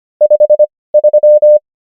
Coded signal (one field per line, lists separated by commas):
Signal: Morse code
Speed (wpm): 25 wpm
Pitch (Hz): 600 Hz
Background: none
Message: 53